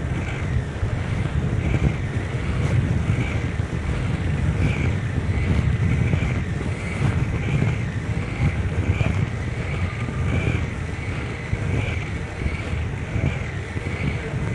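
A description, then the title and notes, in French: Cycling through the streets of Bordeaux, heard as a steady, dense roar of wind buffeting the microphone for the whole stretch. Above this low rumble, a faint bright ticking recurs about once a second, with no clear pauses or separate events. Vélocypédie nocturnale. Janvier 2009, quelques minutes de vélo dans les rues de Bordeaux.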